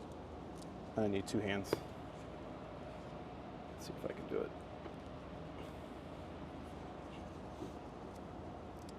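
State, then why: Not seated. A wiring harness clip or connector is pushed by hand into its mount on the secondary generator harness in the engine bay of a 2017–2019 Ford F-250/F-350 pickup truck. Someone talks briefly near the start, then there are faint handling and rubbing sounds around 4 to 4.5 seconds and a soft tap near 7.6 seconds over steady low background noise. Nothing has seated or clicked yet.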